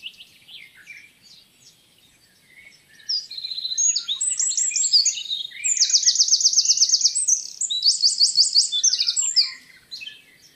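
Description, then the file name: Eurasian wren song, faint twitters then a loud fast cascade of piercing notes with two rattling trills, fading at the end. "Troglodytes troglodytes"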